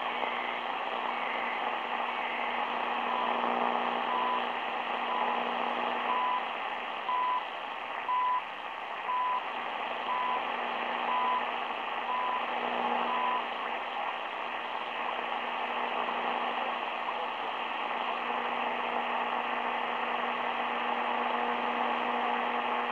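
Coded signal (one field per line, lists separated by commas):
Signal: radio time signal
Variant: CHU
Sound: faint short 1 kHz beeps about once a second through heavy hiss and static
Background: radio static, hum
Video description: Radio Station CHU. National Research Council of Canada. Radio estación de Señal Horaria.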